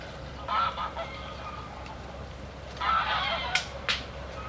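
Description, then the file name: Goose: two brief groups of nasal honks, followed by a couple of sharp knocking sounds. Geese at the Łężczok nature reserve, with falling acorns. "rezerwat lezczok gesi i labedzie i spadajace zoledzie"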